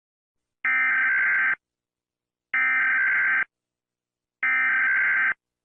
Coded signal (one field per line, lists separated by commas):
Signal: Emergency Alert System (SAME) tones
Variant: header bursts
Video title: Mr incredible becoming uncanny: You hear this eas alarm